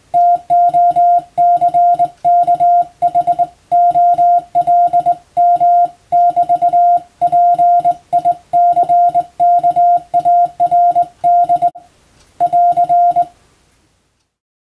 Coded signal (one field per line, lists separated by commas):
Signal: Morse code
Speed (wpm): 21 wpm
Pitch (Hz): 700 Hz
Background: music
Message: TOCKHOLM<BT>PICKARD <AR>